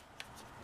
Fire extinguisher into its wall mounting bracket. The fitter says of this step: spots for screws and it just snaps right in